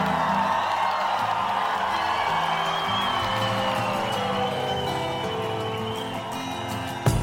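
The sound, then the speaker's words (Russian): A large audience joyfully applauds and cheers steadily as a performer walks onto the stage, with whoops and shouted yells rising over a dense, continuous wash of clapping that holds loud throughout. “Зрители радостно аплодируют.”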